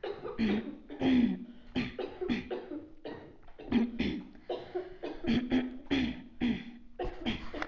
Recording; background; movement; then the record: throat clearing; a bystander coughing; sitting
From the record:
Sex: female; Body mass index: 22.6 kg/m2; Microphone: on the chest, facing outward